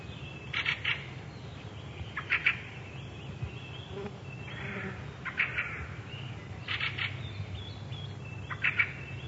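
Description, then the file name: Fieldfare chattering, rasping 'chack' notes in short clusters at irregular intervals, with a constant low rumble underneath. "turdus pilaris"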